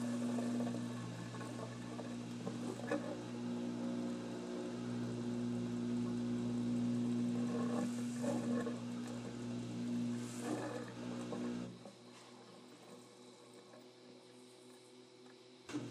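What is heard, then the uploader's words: A washing machine runs with a steady low hum and a droning tone, with occasional faint clicks and rattles over it. At about twelve seconds the drone cuts out and the sound drops to a quieter, thinner whir until the end. ASMR Washing Machine.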